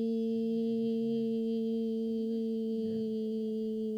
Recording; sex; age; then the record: sustained vowel /i/; female; 30 to 39 years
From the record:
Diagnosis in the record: healthy control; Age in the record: 39 years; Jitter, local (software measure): 0.42%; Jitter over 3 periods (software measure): 0.25%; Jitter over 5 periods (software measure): 0.28%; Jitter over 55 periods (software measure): 0.41%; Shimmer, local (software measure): 2.7%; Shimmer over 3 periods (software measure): 1.4%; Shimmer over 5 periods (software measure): 1.7%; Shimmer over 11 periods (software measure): 2.1%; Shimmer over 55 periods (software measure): 3.7%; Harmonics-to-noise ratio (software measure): 23.9 dB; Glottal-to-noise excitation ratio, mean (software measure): 0.88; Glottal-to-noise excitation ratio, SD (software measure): 0.034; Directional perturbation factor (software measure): 66.0%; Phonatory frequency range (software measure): 0.09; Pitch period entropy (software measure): 1.07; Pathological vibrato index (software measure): 0.33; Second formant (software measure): 3165 Hz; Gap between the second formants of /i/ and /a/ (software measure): 2038 Hz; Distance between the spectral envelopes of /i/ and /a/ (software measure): 10.6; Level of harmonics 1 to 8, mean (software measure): -2.0, -5.0, -30.2, -62.0, -58.9, -64.0, -60.0, -58.3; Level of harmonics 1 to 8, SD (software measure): 1.3, 0.8, 1.9, 3.9, 2.3, 3.5, 3.1, 5.3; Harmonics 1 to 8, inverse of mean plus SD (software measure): 0.303, 0.173, 0.031, 0.015, 0.016, 0.015, 0.016, 0.016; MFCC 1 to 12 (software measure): 3.7, 18.1, -18.2, -15.5, -17.9, -7.6, -0.2, -11.6, -1.0, -16.0, -7.5, -11.3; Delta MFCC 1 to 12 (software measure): 0.005, 0.001, 0.001, 0.005, 0.001, 0.000, 0.012, 0.009, 0.002, -0.003, 0.005, -0.009